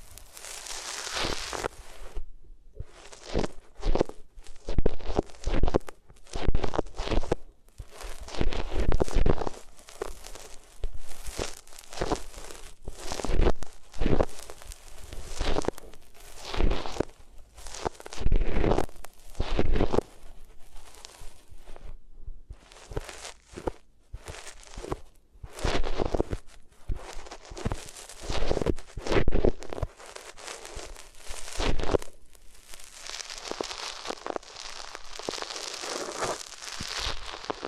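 Ears are rubbed against different materials, making rapid scratchy swishes and rustles that come in dense bursts with brief gaps. Some strokes are soft and muffled, others bright and crackly, with a few sharper thumps around ten and twenty seconds.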